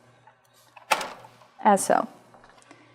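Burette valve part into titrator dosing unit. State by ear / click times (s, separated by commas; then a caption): seated / 0.9 s. A burette valve part is pressed into the dosing unit of an SI Analytics TitroLine 7000 titrator and clicks sharply into place at 0.9 s. Someone talks just after, and the part is seated.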